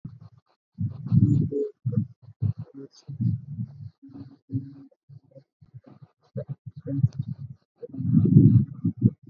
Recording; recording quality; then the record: counting at a normal pace; poor, much background noise or distortion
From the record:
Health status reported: respiratory illness, not identified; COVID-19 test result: negative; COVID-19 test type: RT-PCR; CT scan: not taken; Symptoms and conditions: cough, fever, muscle pain, another respiratory illness, another condition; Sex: female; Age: 27 years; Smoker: no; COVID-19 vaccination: both doses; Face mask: worn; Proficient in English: yes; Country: India